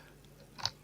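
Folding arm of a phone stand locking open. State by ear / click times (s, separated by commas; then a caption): seated / 0.7 s. The folding arm of a plastic foldable desktop phone stand with a built-in light is pulled out until it locks open. Over a faint low hum, a single sharp click at 0.65 s marks the arm seating in its open position.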